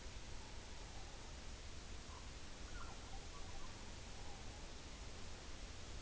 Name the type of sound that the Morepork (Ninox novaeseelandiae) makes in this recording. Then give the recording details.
more-pork call. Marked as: faintness 5/5. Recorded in New Zealand on 11 September 2013. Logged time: 02:19. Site Ponui